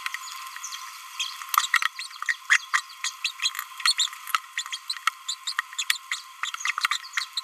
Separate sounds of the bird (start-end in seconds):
1.54-1.66, 1.99-2.06, 2.29-2.33, 2.50-2.57, 2.74-2.80, 3.04-3.10, 3.25-3.31, 3.85-3.92, 3.98-4.08, 4.58-4.62, 4.72-4.76, 5.29-5.34, 5.47-5.53, 5.79-5.83, 5.90-5.97, 6.43-6.49, 6.91-6.97, 7.17-7.24, 7.37-7.40